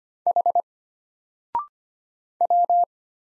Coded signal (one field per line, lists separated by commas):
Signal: Morse code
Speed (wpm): 25 wpm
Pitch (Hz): 700 Hz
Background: none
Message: H W